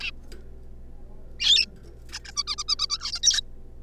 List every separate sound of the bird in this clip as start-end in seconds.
0.01-0.11, 1.40-1.65, 2.12-2.19, 2.25-2.31, 2.37-2.43, 2.47-2.55, 2.58-2.63, 2.69-2.75, 2.79-2.87, 2.89-3.19, 3.23-3.41